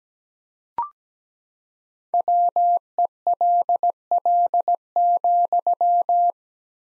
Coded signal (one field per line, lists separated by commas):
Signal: Morse code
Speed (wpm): 17 wpm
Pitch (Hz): 700 Hz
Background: none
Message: WELL,